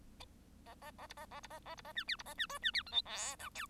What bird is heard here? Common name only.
Bengalese Finch